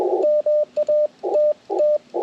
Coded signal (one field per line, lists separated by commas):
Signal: Morse code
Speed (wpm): 21 wpm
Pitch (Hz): 600 Hz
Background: radio noise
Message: MATT